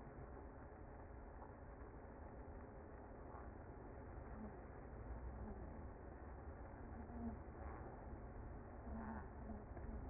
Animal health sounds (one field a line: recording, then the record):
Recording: honeybee colony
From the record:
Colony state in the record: active